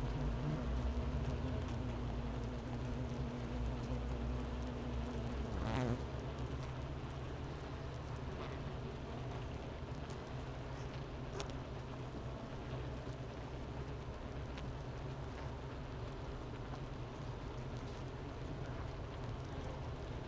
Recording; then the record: honeybee colony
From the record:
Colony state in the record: missing queen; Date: 31 May 2018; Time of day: 10:21